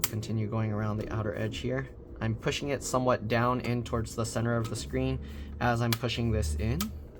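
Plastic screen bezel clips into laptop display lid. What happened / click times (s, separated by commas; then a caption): The bezel is being pressed but has not yet clicked home / none. Someone talks while pressing around the outer edge of the plastic screen bezel on an ASUS GA503R (GA503RW-G15.R93070T) laptop, pushing it down toward the centre of the screen so its clips go back into the display lid. A short, sharp hit is heard during the pushing, but nothing has clicked or seated yet.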